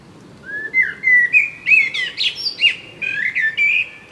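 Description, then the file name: Common blackbird delivering a varied song: smooth fluted notes mixed with sharp, high chirps and rapid twittery flourishes. "Turdus merula"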